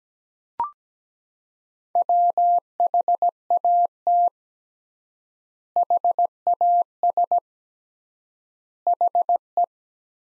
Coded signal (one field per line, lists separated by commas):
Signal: Morse code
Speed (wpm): 17 wpm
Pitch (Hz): 700 Hz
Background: none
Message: WHAT HAS HE